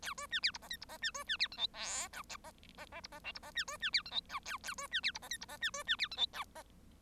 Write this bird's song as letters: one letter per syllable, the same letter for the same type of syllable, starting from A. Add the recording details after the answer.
A B C D E F G E F C B C D H I J K F F F E F L E F C B C D H I K A A B C D E F G E F C B C D H I K F. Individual Bird1